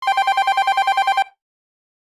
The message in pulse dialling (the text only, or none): none